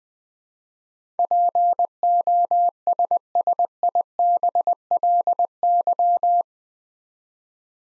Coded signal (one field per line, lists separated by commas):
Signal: Morse code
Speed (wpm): 20 wpm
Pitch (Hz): 700 Hz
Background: none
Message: POSSIBLY